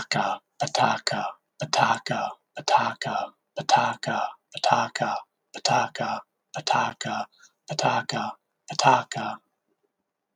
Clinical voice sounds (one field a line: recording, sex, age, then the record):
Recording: repeated syllables /pa ta ka/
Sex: male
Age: 50 to 59 years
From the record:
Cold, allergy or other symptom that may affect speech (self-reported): no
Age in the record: 50 years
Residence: Minnesota, United States